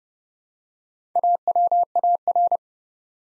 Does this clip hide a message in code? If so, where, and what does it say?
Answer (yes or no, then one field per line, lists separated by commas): yes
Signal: Morse code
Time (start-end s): 1.2-2.6 s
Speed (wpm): 30 wpm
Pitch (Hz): 700 Hz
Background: none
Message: AWAR